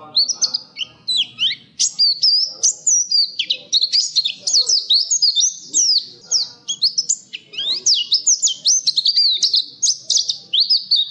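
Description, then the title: Nightingale song, a continuous run of sweet whistled slurs and quick chirping notes, rising and falling in rapid succession with only brief gaps. "nightingale masteran"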